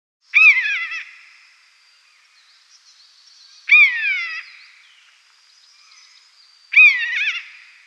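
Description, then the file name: Common buzzard giving three falling mewing calls, about three seconds apart, over a faint high whine. "myszolow"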